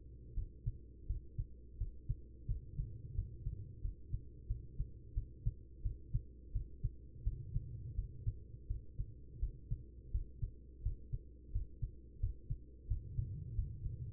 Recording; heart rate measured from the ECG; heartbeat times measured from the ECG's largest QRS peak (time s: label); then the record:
heart sounds by stethoscope; 86 bpm
0.33 s: heartbeat
1.06 s: heartbeat
1.77 s: heartbeat
2.46 s: heartbeat
3.14 s: heartbeat
3.81 s: heartbeat
4.46 s: heartbeat
5.13 s: heartbeat
5.81 s: heartbeat
6.51 s: heartbeat
7.23 s: heartbeat
7.94 s: heartbeat
8.67 s: heartbeat
9.39 s: heartbeat
10.11 s: heartbeat
10.82 s: heartbeat
11.51 s: heartbeat
12.19 s: heartbeat
12.87 s: heartbeat
13.55 s: heartbeat
From the record:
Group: healthy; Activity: rest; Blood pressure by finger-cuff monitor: 121/76 mmHg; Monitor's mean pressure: 91 mmHg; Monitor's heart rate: 85 bpm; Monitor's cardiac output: 6 L/min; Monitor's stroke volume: 70 mL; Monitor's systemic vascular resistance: 1140 dyn s/cm5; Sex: female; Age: 43 years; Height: 160 cm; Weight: 90 kg